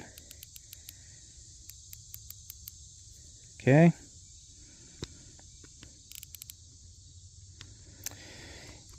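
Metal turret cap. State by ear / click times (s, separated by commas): seated / 8.1 s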